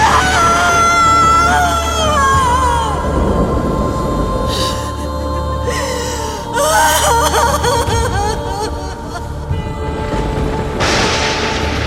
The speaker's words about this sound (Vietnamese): Giữa pháp trường, Thiên Ninh ôm xác con, gào khóc thê lương.